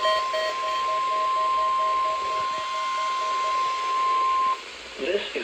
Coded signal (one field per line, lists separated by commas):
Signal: Emergency Alert System (SAME) tones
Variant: 1050 Hz attention tone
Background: speech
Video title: Required Weekly Test (EAS #5)